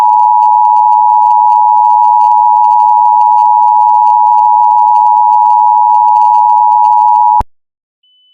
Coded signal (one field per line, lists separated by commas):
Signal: Emergency Alert System (SAME) tones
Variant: 853 and 960 Hz attention tone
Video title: EAS Scenario #2: Rocked